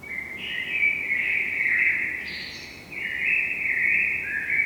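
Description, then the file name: Eurasian blackbird song: two flowing fluty warbled phrases with a brief high squeak between them, sung almost without a break. "Turdus merula"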